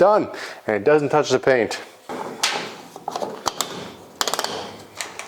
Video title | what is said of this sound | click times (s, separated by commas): INSANE Modern Gas Door Mod 😱 on the classic AWD '74 Charger Build | Okay. Three clicks. Done. | 4.2 s, 4.3 s, 4.4 s